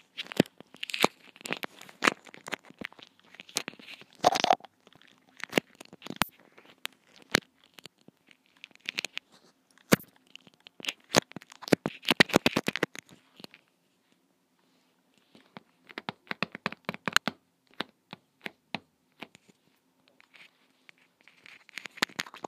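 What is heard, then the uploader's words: Microphone noises from long nails and squelchy, sticky slime pressed against the mic. Dense clusters of sharp clicks, crackles and tearing sounds come in bursts, with a brief silence around the fifteen-second mark and a faint low hum beneath. Mic noises with long nails, Mike dipped in squelchy tore out slime and blu tack and other noise.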